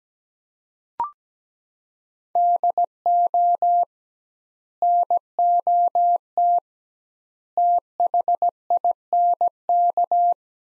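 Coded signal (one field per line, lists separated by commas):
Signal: Morse code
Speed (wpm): 17 wpm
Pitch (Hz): 700 Hz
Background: none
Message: DO NOT THINK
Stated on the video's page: Morse practice of sets of four words at 17 wpm with 2x word spacing, a Farnsworth-like method.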